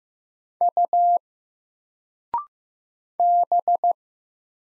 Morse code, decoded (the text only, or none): U B